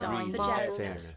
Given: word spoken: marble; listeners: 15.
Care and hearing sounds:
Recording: one English word in noise, from a listening test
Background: four-talker babble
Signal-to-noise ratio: -0.9 dB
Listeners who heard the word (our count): 1 of 15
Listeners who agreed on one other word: 9 of 15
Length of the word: 0.77 s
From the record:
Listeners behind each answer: 9, 1, 1, 1, 1, 1, 1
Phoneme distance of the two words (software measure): 55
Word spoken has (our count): 2 syllables, 5 phonemes, stress on syllable 1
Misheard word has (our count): 2 syllables, 6 phonemes, stress on syllable 2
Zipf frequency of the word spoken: 3.86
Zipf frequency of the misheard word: 4.63

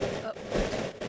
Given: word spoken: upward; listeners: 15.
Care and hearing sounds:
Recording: one English word in noise, from a listening test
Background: noise modulated by three-talker babble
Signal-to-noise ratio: -6.1 dB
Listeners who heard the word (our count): 4 of 15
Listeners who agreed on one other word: 6 of 15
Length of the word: 0.68 s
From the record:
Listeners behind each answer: 6, 4, 2, 1, 1, 1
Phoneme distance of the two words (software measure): 21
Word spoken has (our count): 2 syllables, 5 phonemes, stress on syllable 1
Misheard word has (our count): 1 syllable, 2 phonemes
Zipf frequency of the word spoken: 3.11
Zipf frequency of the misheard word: 6.53

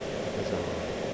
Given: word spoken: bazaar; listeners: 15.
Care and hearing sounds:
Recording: one English word in noise, from a listening test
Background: speech-shaped noise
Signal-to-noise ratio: -5.7 dB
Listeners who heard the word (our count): 0 of 15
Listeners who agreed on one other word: 11 of 15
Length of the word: 0.74 s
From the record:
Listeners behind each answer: 11, 1, 1, 1, 1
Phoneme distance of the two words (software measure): 10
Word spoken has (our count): 2 syllables, 5 phonemes, stress on syllable 2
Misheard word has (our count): 2 syllables, 5 phonemes, stress on syllable 2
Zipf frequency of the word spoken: 2.90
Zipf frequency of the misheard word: 4.22

